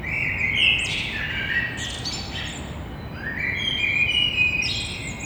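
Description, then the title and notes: Common blackbird song: two warbled phrases, each followed by thin high twittery notes, over steady low background noise. Blackbird singing early in the morning, 6:30 on Thursday 9 April, street side between two windows, Grand Rond, Toulouse. "Un merle noir toulousain. Toulouse - Grand Rond Contributeur : Stéphane Marin"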